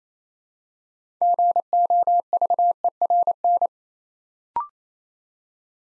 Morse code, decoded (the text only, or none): GOVERN